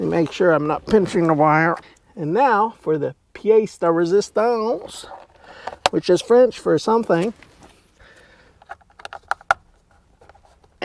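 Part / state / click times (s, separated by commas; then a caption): plastic trim cover into steering wheel / seated / 9.5 s. A person talks while routing the cruise control wiring so it isn't pinched, then presses the plastic trim cover back onto the steering wheel of a 1997 Ford Explorer. A few small scraping ticks lead into a sharp snap at 9.5 s as the trim piece seats in place.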